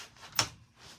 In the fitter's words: and it locks in place